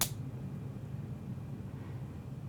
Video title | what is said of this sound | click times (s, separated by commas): Central Lines 2: Changing the Dressing | by pressing These Wings together you'll hear a click a loud click | 0.0 s